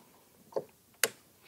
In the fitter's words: there we go see and then you just clip it in till it clicks